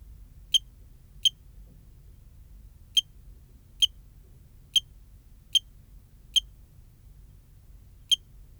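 Eugrylloides pipiens cricket chirps: several short, piercing high notes at uneven intervals, with longer pauses after the second and before the last.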